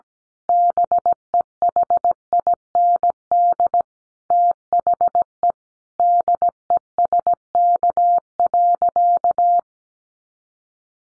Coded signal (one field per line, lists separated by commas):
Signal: Morse code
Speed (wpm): 17 wpm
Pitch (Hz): 700 Hz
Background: none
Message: BEHIND THE DESK.